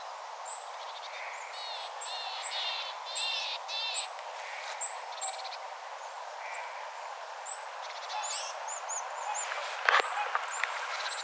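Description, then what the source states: Tit flock calling: many high thin seeps and bursts of buzzy stacked notes, several callers overlapping, and a sharp click near the end over constant background hiss. Tit flock vocalizing, recorded on 6 October 2025.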